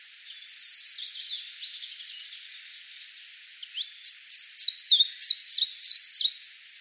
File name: penochka tenkovka